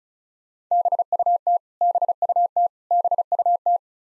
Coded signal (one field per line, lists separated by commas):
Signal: Morse code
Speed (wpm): 36 wpm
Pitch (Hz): 700 Hz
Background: none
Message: BUT BUT BUT